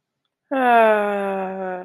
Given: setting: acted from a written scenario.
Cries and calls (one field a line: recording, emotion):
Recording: vocal sound without words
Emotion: relief